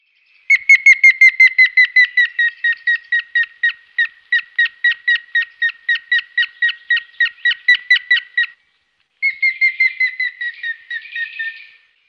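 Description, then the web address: Grey-headed woodpecker calling, a long run of clear whistled notes, dropping slightly in pitch, then a short pause and a briefer series ending in rougher notes. "Fotoemozioni. Picchio cenerino-Picus canus"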